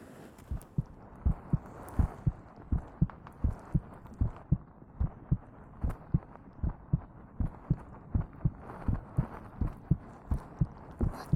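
Soft, regular low thumps repeat at about 82 beats a minute against a faint background hiss. It is a steady adult woman's heartbeat heard close against the chest, the gentle 'toku-toku' rhythm meant to soothe the listener like a baby hearing its mother's heart.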